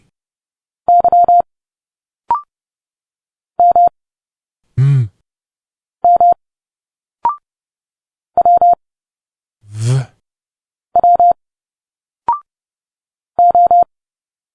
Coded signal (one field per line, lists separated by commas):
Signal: Morse code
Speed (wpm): 30 wpm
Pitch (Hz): 700 Hz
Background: none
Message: Y M M W W O